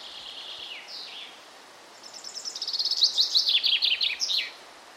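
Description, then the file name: Common chaffinch song after a few softer bird notes: a fast, cascading run of notes stepping downward, building in strength and closing with a terminal flourish. "Fringilla coelebs"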